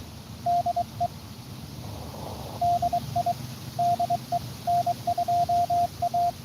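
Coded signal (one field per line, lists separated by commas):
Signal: Morse code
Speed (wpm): 23 wpm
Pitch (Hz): 700 Hz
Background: radio noise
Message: DE DI DE N2A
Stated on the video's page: Live Parks on the Air activation at Belmont Lake State Park on 14.056.5 MHz CW.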